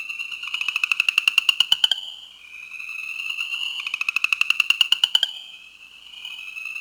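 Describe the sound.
New Jersey chorus frog giving two rising raspy trills of quick pulses, each growing louder before stopping abruptly, with a steady high background hum.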